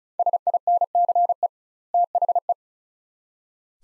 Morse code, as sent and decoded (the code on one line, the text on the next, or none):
... .. -. -.-. . / - .... .
SINCE THE